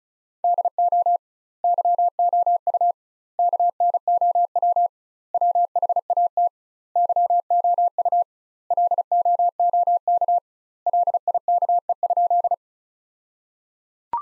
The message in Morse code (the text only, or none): DO YOU KNOW WHAT YOU LOOK LIKE?